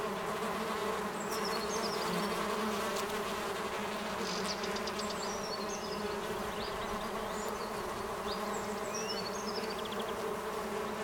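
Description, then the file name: Honey bee: steady humming of many honey bees, a constant layered drone, with several short high notes in the background. Honey bees inside the hive, 18 March 2007. "20070318 Hive"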